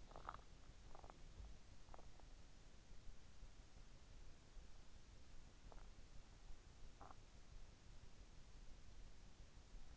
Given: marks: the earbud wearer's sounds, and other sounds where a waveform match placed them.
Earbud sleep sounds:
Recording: sounds in sleep by an in-ear microphone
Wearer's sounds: teeth grinding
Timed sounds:
0.00-2.19 s: teeth grinding

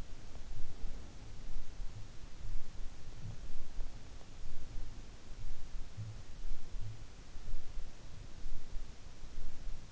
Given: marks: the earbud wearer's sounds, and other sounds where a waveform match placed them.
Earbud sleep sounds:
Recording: sounds in sleep by an in-ear microphone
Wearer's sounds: breath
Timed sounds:
0.00-1.52 s: breath

